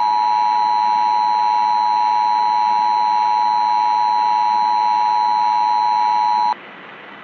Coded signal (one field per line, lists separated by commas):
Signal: Emergency Alert System (SAME) tones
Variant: 853 and 960 Hz attention tone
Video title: All Falls Down | A Real-Time Nuclear Attack EAS Scenario